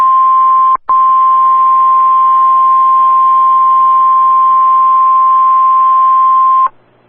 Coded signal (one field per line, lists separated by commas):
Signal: Emergency Alert System (SAME) tones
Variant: 1050 Hz attention tone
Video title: SVR For pottawomie, OK (EAS #111)